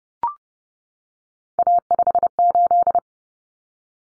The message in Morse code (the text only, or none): A58